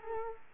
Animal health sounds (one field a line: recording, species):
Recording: mosquito wingbeat signal from an infrared sensor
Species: Culex quinquefasciatus